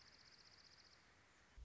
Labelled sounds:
Dark-eyed Junco

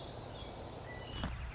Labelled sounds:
Red-winged Blackbird

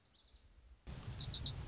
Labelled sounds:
Lazuli Bunting

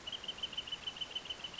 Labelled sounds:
Wrentit

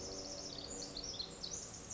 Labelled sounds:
Pacific Wren

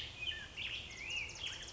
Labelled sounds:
Black-headed Grosbeak

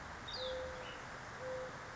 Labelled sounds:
Mourning Dove

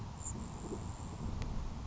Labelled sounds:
Grasshopper Sparrow

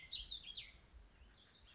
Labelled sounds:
Warbling Vireo

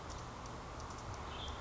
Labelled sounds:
Western Tanager

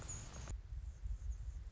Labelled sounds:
Anna's Hummingbird

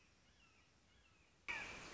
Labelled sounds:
Red-shouldered Hawk

